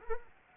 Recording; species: mosquito wingbeat signal from an infrared sensor; Anopheles arabiensis